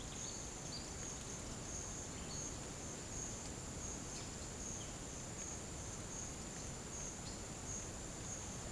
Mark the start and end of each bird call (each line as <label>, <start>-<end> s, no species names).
bird call, 0.00-0.84 s